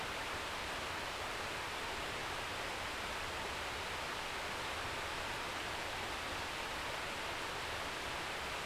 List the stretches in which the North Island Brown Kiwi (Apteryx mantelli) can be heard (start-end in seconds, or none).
none